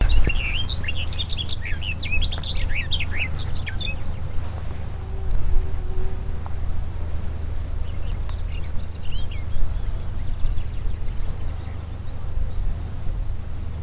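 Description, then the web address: Barred warbler chattering song, a fast burst of scratchy, jumbled notes for about four seconds, then a few scattered short phrases over low rumbling background noise. Brandenburg, 2012. "Brandenburg 2012 Sperwergrasmus"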